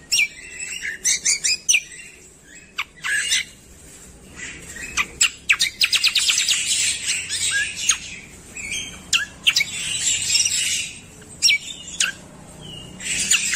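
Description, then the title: Spiderhunter delivering a long, energetic stream of sharp high chips, rattles and slurred notes in dense bursts separated by brief pauses. Clear, long, active song (gacor). "Pijantung Gunung Gacor Jernih Panjang"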